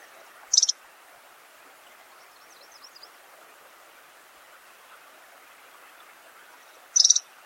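Pink-rumped rosefinch giving two short high chattering calls at the start and end, with a faint thin wavering twitter in between and low background hiss.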